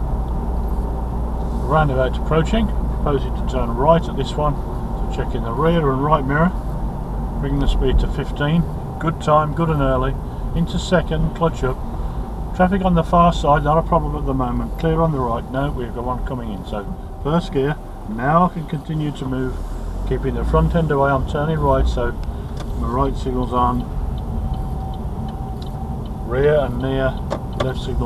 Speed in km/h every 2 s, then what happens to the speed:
37, 34, 32, 31, 26, 23, 19, 18, 8, 6, 15, 16, 16, 16.
0-17 slows to 6. 17-21 speeds up to 16. 21-28 steady at about 16.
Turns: 21-28.